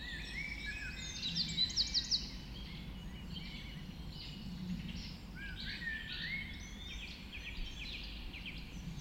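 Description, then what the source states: Birds in dawn chorus, a quick series of sharp repeated notes early, then overlapping warbled and whistled songs from several birds. Dawn chorus just after dawn in the Forest of Dean.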